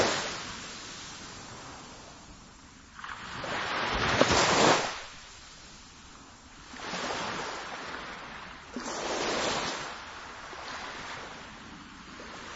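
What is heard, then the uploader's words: Gentle surf along a river shore, with soft waves washing in about every three seconds, the loudest near four seconds, then others near seven and nine. Each wash is a bright hiss that swells and fades, over a quiet low rumble and light wind. Parker River Gentle Surf. Parker River National Wildlife Refuge, in Massachusetts, just over the border from New Hampshire. Ambisonic, surround-sound track of a couple of minutes of gentle surf.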